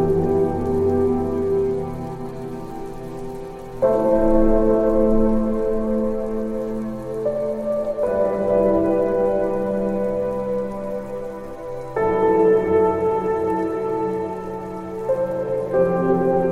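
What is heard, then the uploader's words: Gentle piano chords ring out and sustain, changing roughly every four seconds, at about 4, 8, 12 and 15 seconds, each change slightly louder at first before fading. Under the warm, mellow notes, steady rainfall keeps up a soft, even patter. Rain Music - Rainfall with gentle piano music.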